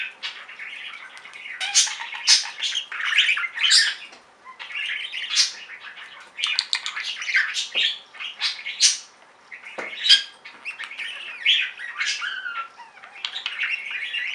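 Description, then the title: Budgerigar chatter of rapid warbled notes, squawks and clicks in bursts with brief pauses. "Budgie Sounds"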